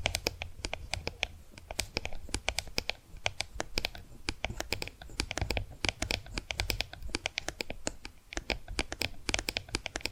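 Tapping and scratching sounds, with quick, crisp clicks that come in dense, irregular bursts much like typing on a keyboard. The taps are sharp and bright, over a low, soft rumble, and keep going steadily, with only a brief thinner stretch near the three-second mark.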